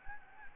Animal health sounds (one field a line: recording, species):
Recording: mosquito wingbeat signal from an infrared sensor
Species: Anopheles gambiae